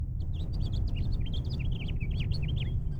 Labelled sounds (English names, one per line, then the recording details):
House Finch song
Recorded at Oceanside on Long Island, New York, on 17 June 1975
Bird E